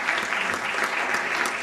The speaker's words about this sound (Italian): Un applauso al Presidente della Provincia, onorevole Castiglione, per il suo intervento e per la disponibilità anche per aver messo a disposizione questi locali e questa struttura veramente che è un vanto della nostra città.